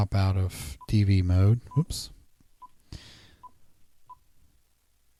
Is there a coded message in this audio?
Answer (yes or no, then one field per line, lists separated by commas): no